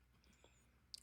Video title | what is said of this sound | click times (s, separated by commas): The Best Wet Dry Vacuum Money Can Buy | It's kind of rough doing it with one hand here, but it just snaps back into place. | 0.9 s